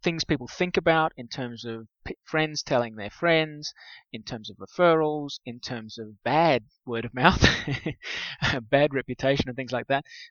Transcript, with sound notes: things people think about in terms of friends telling their friends, in terms of referrals, in terms of bad word of mouth (laughs) —bad reputation and things like that…